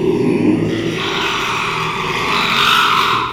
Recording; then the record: squeal of a Yucatan mini pig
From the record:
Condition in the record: after surgery on the right vocal fold (resection and tissue-engineered implant); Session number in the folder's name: 1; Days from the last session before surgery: 6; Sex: male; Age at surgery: 12 weeks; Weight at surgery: 13 kg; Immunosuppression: cyclosporine, prednisolone